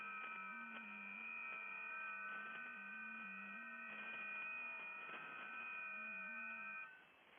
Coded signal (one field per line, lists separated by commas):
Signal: FT8